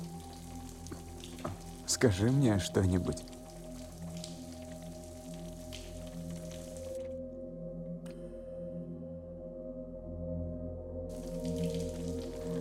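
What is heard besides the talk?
shower water running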